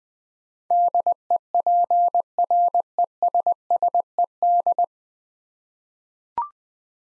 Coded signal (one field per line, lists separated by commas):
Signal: Morse code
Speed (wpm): 20 wpm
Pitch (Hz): 700 Hz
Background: none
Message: DEPRESSED